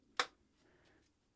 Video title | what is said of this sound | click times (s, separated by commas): How to Use an Erbauer Impact Driver Properly (Full Guide for Beginners) | as soon as you hear that click, you | 0.2 s